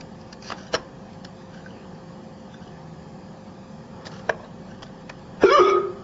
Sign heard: Hiccups.